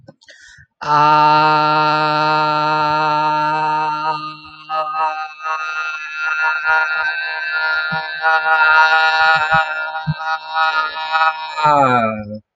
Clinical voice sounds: vowel held as long as possible; male; 30 to 39 years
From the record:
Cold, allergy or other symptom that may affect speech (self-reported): yes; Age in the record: 33 years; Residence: Georgia, United States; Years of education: 18

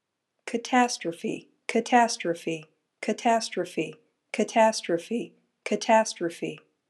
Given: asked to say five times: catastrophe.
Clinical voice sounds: repeated word; female; 30 to 39 years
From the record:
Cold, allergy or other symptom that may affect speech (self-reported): no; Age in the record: 36 years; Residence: California, United States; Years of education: 20

